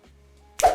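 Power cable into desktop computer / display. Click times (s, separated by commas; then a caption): 0.6 s. A power cable is plugged into a Mac Studio desktop computer and Studio Display while they are being set up. After a low steady hum, a sharp click sounds at 0.6 s as the connector seats in.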